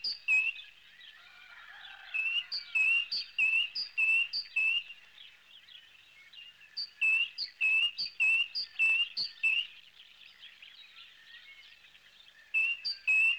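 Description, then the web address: Bird chirping in bursts of ringing repeated notes separated by short pauses, with soft twittering underneath. "animali uccelli uccelli birds"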